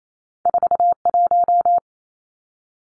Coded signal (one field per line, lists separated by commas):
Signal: Morse code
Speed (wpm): 28 wpm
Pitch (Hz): 700 Hz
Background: none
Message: 41